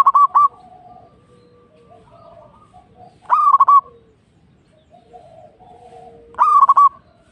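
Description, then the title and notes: Zebra dove song: a rolling, stuttering coo of quick bubbly notes, repeated roughly every three seconds, with faint softer sounds between phrases. Local bird. "Kicau Perkutut Lokal. Kicau Burung Perkutut"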